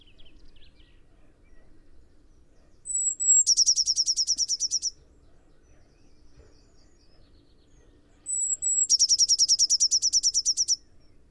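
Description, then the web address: Eurasian blue tit phrase given twice: each a short high thin whistle leading into a fast, ringing trill lasting over a second, with quiet pauses between. "cianscape. Deverinetal"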